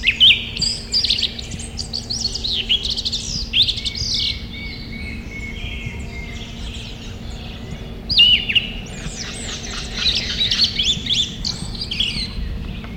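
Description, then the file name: Yellow-legged thrush song: rich, varied whistled and chattering phrases in high bursts, over a steady low hum. Recorded at Cantareira State Park, São Paulo state, Brazil, on 30 October 2004. "Turdus flavipes-PECantareira-SP-30-10-04-ASilveira"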